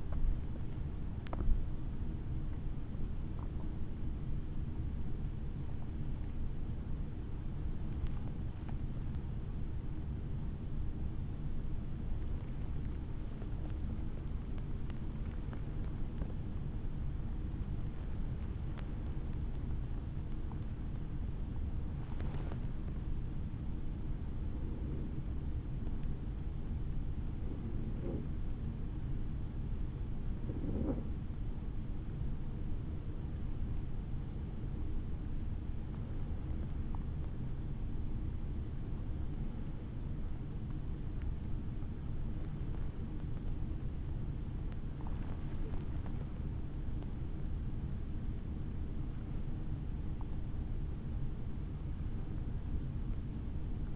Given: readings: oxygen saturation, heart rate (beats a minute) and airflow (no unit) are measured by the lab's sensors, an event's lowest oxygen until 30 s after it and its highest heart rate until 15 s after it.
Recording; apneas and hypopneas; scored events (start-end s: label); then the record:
breathing in sleep by a smartphone at the bedside; 1
12.00-24.30 s: hypopnea (N1, oxygen 97% highest, then 93% lowest, heart rate 66 at the start, 66 highest)
42.00-53.96 s: new sleep stage, N2 (light sleep)
From the record:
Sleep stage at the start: N1 (lightest sleep); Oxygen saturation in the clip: 93 to 97%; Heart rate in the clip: 51 to 81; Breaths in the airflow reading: 16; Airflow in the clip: -6.4 to 7.1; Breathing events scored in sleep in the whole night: 216 in 7.0 hours asleep